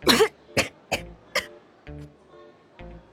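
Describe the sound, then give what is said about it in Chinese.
A burst of harsh, choking coughs from someone who choked on a mouthful of rice: a loud rasping fit followed by three sharp hacks, then two quieter, strained coughs trailing off. “一口饭呛在喉咙里半天下不去，丁宪剧烈咳嗽起来，小脸涨得通红”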